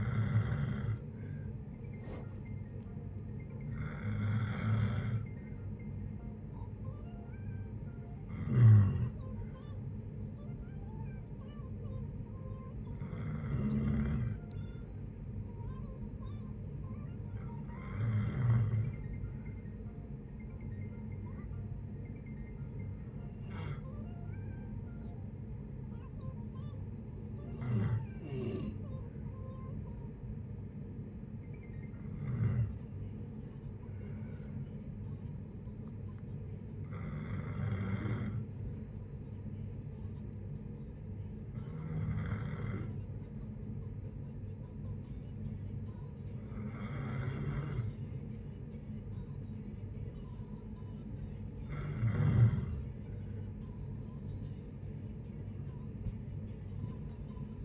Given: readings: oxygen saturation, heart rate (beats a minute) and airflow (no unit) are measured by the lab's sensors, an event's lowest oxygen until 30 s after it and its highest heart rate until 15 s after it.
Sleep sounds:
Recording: a person awake in a sleep study, by a smartphone at the bedside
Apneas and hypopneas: none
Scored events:
0.00-57.65 s: awake
0.00-57.65 s: awake
From the record:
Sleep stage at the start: awake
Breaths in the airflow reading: 19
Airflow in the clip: -0.7 to 0.7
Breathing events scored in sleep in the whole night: 496 in 5.4 hours asleep

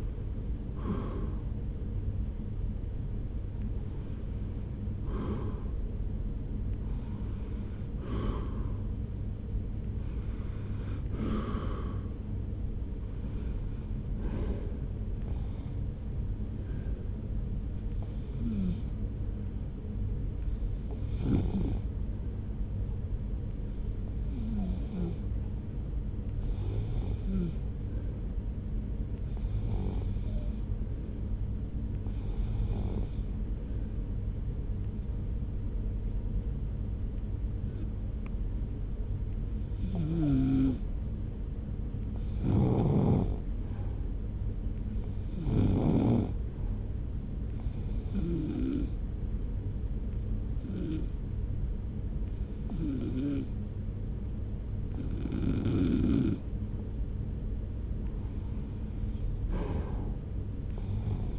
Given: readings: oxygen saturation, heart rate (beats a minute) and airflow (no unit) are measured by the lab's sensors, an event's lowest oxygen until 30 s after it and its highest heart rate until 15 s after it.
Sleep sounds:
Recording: breathing in sleep by a smartphone at the bedside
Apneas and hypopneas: 1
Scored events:
17.00-50.60 s: hypopnea (REM, oxygen 95% highest, then 82% lowest)
From the record:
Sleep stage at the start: REM sleep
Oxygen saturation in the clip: 84 to 95%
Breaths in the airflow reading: 20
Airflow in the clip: -1.3 to 1.8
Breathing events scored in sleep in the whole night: 335 in 6.7 hours asleep

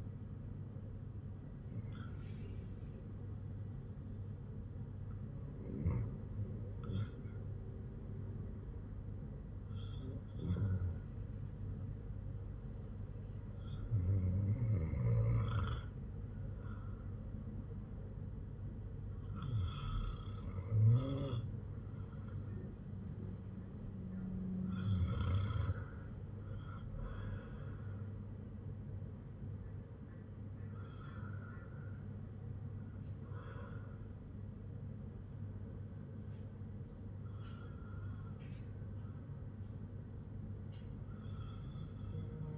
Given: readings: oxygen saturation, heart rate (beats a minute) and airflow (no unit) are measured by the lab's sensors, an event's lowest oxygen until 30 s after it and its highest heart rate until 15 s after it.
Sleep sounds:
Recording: breathing in sleep by a smartphone at the bedside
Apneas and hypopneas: none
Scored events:
none scored
From the record:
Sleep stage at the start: REM sleep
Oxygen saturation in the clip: 92 to 97%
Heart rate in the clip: 55 to 61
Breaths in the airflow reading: 8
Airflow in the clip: -7.9 to 5.9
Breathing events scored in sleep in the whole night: 182 in 7.4 hours asleep

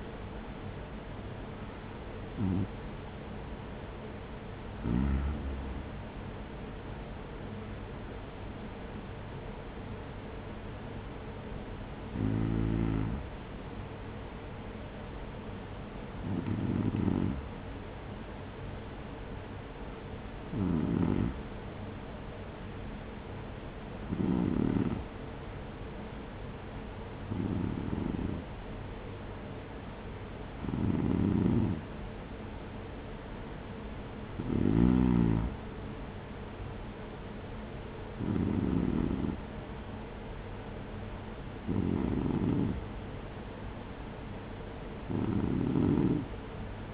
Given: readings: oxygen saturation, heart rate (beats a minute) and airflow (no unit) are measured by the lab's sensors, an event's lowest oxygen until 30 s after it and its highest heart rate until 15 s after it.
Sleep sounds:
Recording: breathing in sleep by a voice recorder at the bedside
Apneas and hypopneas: none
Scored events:
none scored
From the record:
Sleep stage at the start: REM sleep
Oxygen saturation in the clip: 94 to 96%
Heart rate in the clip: 56 to 66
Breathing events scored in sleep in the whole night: 210 in 6.9 hours asleep

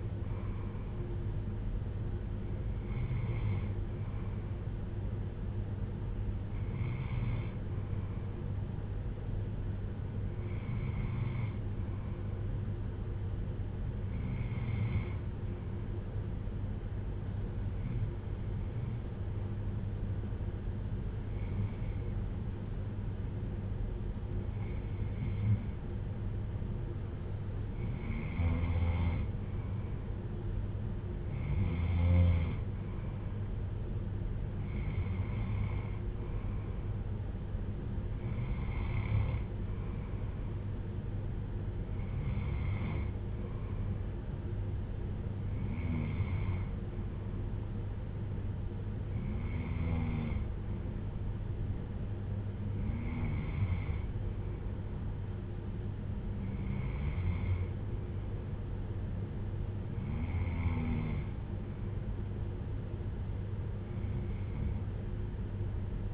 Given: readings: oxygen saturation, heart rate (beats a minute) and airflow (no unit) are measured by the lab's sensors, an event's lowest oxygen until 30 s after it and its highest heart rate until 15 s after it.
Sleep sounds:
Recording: breathing in sleep by a smartphone at the bedside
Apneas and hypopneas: none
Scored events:
none scored
From the record:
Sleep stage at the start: N2 (light sleep)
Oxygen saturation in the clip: 93 to 95%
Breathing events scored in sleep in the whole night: 310 in 8.1 hours asleep

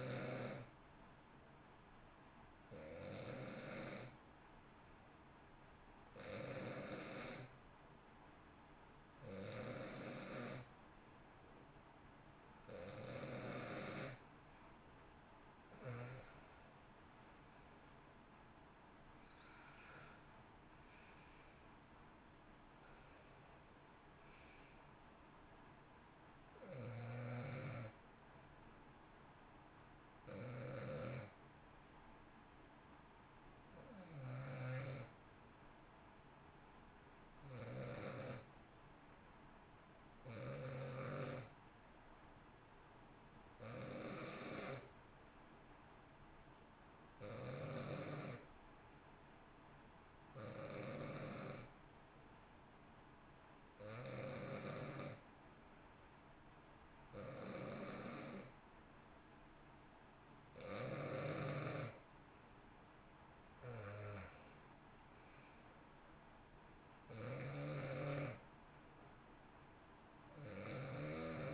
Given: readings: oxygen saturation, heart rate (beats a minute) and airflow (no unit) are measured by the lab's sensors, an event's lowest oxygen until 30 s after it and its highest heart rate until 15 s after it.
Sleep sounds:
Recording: breathing in sleep by a voice recorder at the bedside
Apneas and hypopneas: 2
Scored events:
4.00-20.30 s: hypopnea (N1, oxygen 91% highest, then 90% lowest, heart rate 57 at the start, 68 highest)
35.00-63.50 s: hypopnea (N1, oxygen 94% highest, then 91% lowest, heart rate 55 at the start, 66 highest)
39.00-71.54 s: new sleep stage, N2 (light sleep)
From the record:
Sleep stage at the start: N1 (lightest sleep)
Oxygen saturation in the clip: 90 to 94%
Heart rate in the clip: 55 to 68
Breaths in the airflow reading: 22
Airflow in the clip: -11.5 to 12.6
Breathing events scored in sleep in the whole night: 328 in 6.3 hours asleep

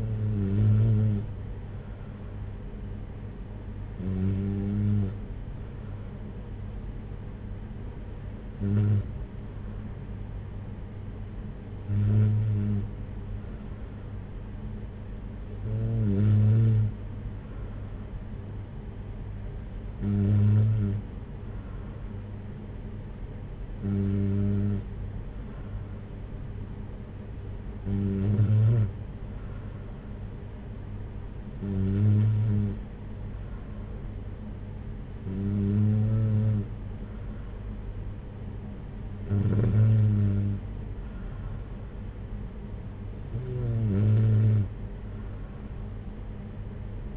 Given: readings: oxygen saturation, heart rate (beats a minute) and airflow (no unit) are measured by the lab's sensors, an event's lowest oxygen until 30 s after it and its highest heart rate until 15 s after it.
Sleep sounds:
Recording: breathing in sleep by a smartphone at the bedside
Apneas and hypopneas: none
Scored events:
none scored
From the record:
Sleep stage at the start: N3 (deep sleep)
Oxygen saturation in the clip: 94%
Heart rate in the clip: 57 to 61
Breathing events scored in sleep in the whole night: 226 in 8.8 hours asleep

